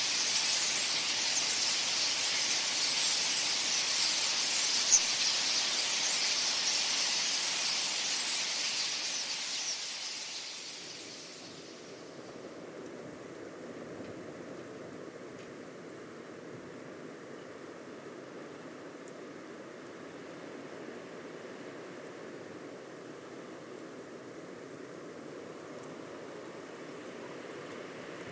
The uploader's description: the hidden sounds of the coastal dunescape at Studland Nature Reserve, UK